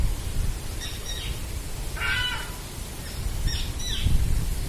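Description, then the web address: Bird alarm calls: one loud rasping burst near the middle, with fainter harsh notes before and after, over a steady low rumble. Birds giving a warning call. "linnut harmaa varoitus"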